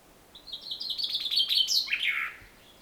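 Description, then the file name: Common chaffinch song, a single trill that drops in pitch before a bright closing flourish. "Fringilla coelebs"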